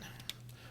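A plastic add-on armor piece is pressed onto an action figure's peg, giving one sharp, short click at 0.3 s as it pegs in and seats. Fainter ticks come before and after it over a steady low hum.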